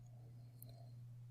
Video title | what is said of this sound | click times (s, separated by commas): SDS Experiment 1 l Measurement and Uncertainty | when you hear a click | 0.6 s, 0.7 s